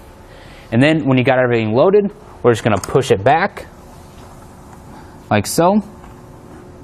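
Someone talks while the loaded slide-out base of a Kuat Grip ski and snowboard carrier is pushed back along its roof-mounted rail on a 2014 Jeep Grand Cherokee, with quiet background between bursts of speech. Nothing has locked into place or clicked yet.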